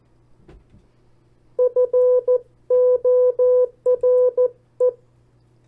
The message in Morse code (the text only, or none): FORE